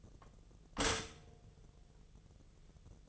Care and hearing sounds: daily activity, microphone in the room; stop toaster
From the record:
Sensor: 4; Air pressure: 1001.0 hPa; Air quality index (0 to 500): 165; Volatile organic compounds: 2 ppm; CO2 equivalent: 1202 ppm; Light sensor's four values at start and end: 16/36/15/16 and 20/46/19/20

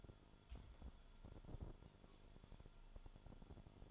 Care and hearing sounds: daily activity, microphone in the room; take from stove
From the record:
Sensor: 5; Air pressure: 1008.2 hPa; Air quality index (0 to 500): 120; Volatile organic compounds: 1 ppm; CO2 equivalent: 924 ppm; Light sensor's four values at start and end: 29/60/27/28 and 29/59/26/27

